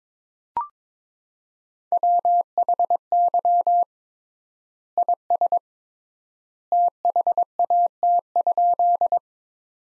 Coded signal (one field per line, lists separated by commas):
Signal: Morse code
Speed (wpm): 22 wpm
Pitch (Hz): 700 Hz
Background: none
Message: WHY IS THAT?